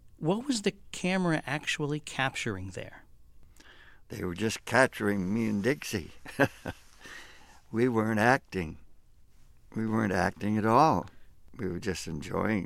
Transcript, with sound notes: What was the camera actually capturing there?
They were just capturing me and Dixie (laughter). We weren't acting. We weren't acting at all. We were just enjoying